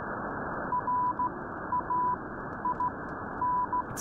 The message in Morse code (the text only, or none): RAIN